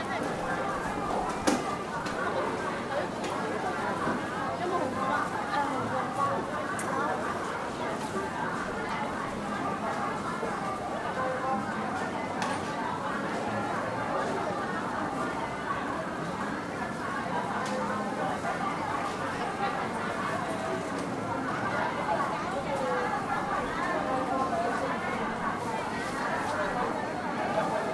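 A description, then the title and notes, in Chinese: Hawkers call out their goods beside a Hong Kong wet market, recorded from the middle of the road. Voices overlap in a dense, steady babble for the whole stretch, with a few sharper clicks or knocks, one near the second second. Hong Kong-and its three wet markets。這段聲音是在街市旁馬路中心位置採集的，捕捉到小販熟練而忙碌的叫賣聲。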